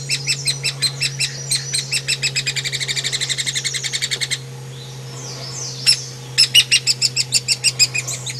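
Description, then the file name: Hairy woodpecker calling in quick strings of sharp, bright notes that speed up, pause, then resume, with a low steady hum throughout. "platuk hairy untuk kacer murai cucak hijau"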